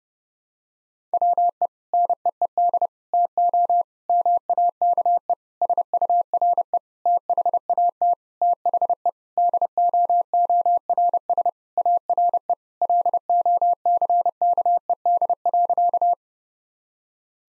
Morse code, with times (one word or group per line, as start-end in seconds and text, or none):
1.1-1.7 WE
1.9-2.9 NEED
3.1-3.8 TO
4.1-5.3 MAKE
5.6-6.8 SURE
7.1-8.1 THAT
8.4-9.1 THE
9.4-11.5 DOORS
11.8-12.5 ARE
12.8-16.1 LOCKED.